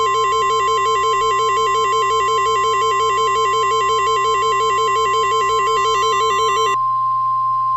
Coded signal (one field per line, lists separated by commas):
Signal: Emergency Alert System (SAME) tones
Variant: 1050 Hz attention tone